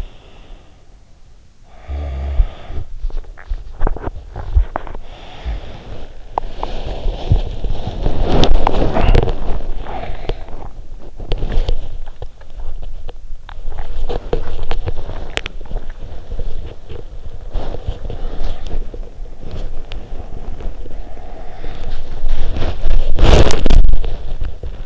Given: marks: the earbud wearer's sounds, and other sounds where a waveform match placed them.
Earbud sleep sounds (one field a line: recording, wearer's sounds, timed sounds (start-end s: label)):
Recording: sounds in sleep by an in-ear microphone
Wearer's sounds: snoring breath, swallowing, body movement, teeth grinding, talking in sleep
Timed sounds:
1.72-3.09 s: snoring breath
3.18-4.38 s: swallowing
3.95-24.86 s: body movement
4.20-5.18 s: teeth grinding
8.75-9.38 s: talking in sleep
12.10-14.15 s: teeth grinding
13.79-15.76 s: swallowing